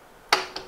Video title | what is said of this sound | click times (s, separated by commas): Festool Kapex ES 120 EB Review Part 2 | that's just dropping down a metal string at the back that just locks into | 0.3 s